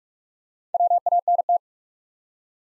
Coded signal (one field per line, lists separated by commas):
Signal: Morse code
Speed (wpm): 47 wpm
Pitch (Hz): 700 Hz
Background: none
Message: WANT